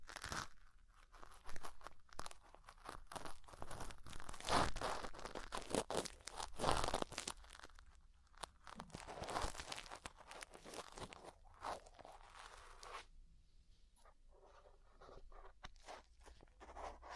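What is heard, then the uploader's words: Ear cleaning sounds: dense, rapid crackling and crinkling scratches that come in bursts, loudest around four to seven seconds and again near nine to twelve. After thirteen seconds the rustling thins out into quieter, sparser scraping with short pauses between strokes. ASMR Deep Ear Cleaning Session. (No Talking).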